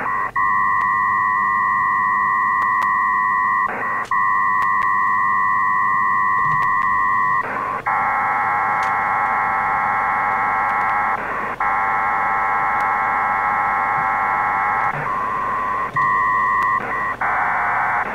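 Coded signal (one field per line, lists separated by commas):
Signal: HF data modem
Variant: PACTOR III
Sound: two steady tones with brief dropouts, then dense buzzing bursts separated by short gaps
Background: radio static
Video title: Winlink Pactor 3 connection using Airmail v3.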